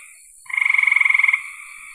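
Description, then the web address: Frog producing a single loud rattling trill of rapid pulses, around a second long, after a moment of quiet. "cn frogs"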